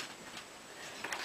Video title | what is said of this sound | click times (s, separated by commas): NZXT Phantom Computer Case | push in and click in place very simple let's | 1.0 s, 1.1 s